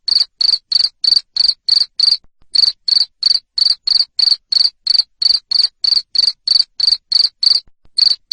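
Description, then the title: Cricket calling with bright, high pulsed chirps at a fast even rhythm, around three each second, with two short breaks. Loud cricket chirping used to stimulate lovebirds to sing continuously (ngekek). "Suara JANGKRIK NGERIK Keras Bikin LOVEBIRD Jadi NGEKEK Terus Vubey"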